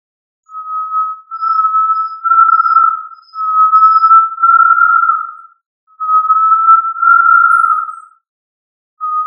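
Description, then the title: Tinamou giving a run of long, pure, steady whistled notes with short gaps. "Familia Tinamidae - Quail - Puyuh"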